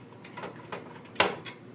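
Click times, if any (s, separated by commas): 1.2 s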